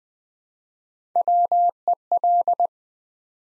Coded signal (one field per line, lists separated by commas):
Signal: Morse code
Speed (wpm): 21 wpm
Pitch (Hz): 700 Hz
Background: none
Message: WEL